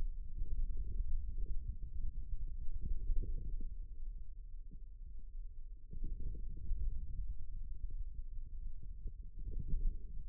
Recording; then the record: forearm muscle sounds (acoustic myography)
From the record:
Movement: radial deviation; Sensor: system 2, bracelet of six BSWA MPA416 microphones around the upper forearm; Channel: 4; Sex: male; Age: 22 years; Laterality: right